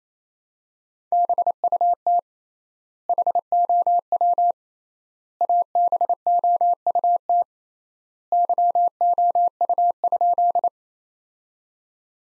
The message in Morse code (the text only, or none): BUT HOW ABOUT YOU?